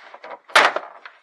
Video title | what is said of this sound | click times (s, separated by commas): Škoda Superb II//čítaj popis// Demontáž dverí +odstrojenie dverí | nám to cvaklo. | 0.6 s